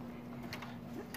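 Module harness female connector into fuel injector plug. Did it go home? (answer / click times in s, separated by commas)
no / none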